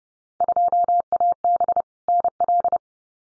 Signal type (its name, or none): Morse code